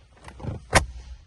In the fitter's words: give it a good push it'll click into place and